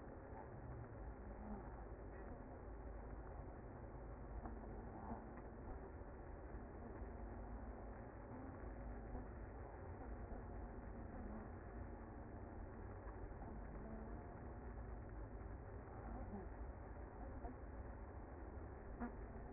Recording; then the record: honeybee colony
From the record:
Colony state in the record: active